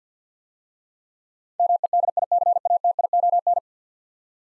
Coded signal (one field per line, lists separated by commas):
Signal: Morse code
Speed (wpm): 53 wpm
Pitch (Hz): 700 Hz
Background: none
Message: MEDICATION